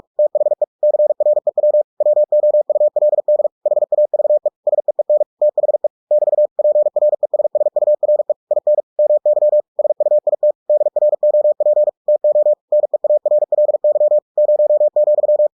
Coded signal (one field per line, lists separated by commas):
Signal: Morse code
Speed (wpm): 46 wpm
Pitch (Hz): 600 Hz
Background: none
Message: THE CREW WOULD HAVE SEEN THE <BT> PRESSURE IN MY SUIT DROP TO NEARLY 0,